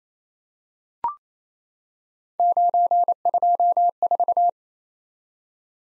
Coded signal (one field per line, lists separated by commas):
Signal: Morse code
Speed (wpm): 29 wpm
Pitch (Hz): 700 Hz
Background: none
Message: 924